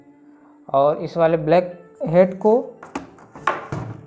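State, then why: Seated. Someone talks, then a black printhead is placed into the carriage of an HP Ink Tank Wireless 416 printer and pressed lightly. A few soft plastic knocks follow, with a sharp click at 3.5 s as the printhead snaps in and seats.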